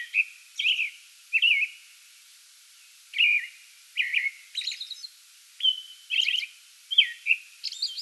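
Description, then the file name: American robin caroling in short whistled phrases with a brief silent gap early on, then resuming with more slurred notes and high squeaky additions. Song bout recorded 8 May 2022. "2022-05-08 American Robin song bout"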